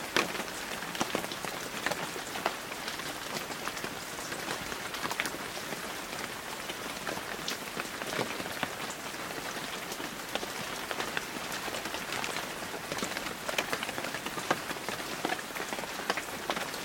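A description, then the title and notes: Steady, dense rain patters on a surface throughout, with many crisp drop hits scattered over a soft, even hiss and little low rumble. COZY AUTUMN RAINING | TOTAL RAINING RELAXATION.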